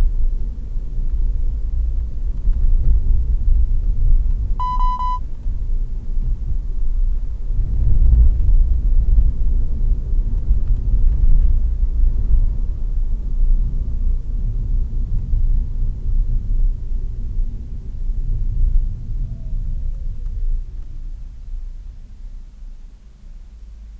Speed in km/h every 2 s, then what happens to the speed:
44, 40, 37, 40, 45, 46, 41, 32, 27, 14, 0, 0.
0-5 slows to 37. 5-7 speeds up to 45. 11-20 brakes to 0. 20-24 standing.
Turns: none.